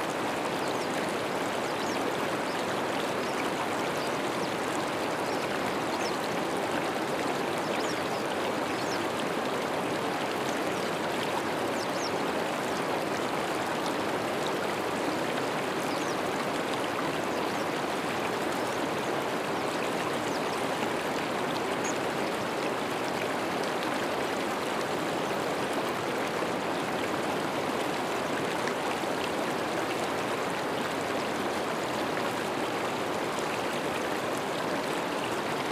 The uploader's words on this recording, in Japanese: 流れる川の音に耳をすませて。